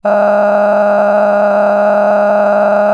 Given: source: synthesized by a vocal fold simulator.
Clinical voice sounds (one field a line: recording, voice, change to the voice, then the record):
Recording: sustained vowel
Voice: female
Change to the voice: cycle-to-cycle stiffness perturbation (roughness), level 10 of 10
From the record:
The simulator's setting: 6.49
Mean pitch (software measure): 206 Hz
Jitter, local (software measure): 3.34%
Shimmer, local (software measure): 19.0%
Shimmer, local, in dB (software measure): 1.67 dB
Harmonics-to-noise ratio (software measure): 10.0 dB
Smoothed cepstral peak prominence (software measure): 13.2 dB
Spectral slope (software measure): -21.7 dB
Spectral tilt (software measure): -12.0 dB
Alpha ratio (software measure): -12.2 dB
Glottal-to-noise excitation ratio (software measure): 0.936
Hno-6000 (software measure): 2.3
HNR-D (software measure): 27.7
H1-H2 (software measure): 3.2 dB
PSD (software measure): 1.4e-04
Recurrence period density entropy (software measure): 0.113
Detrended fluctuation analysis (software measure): 0.0296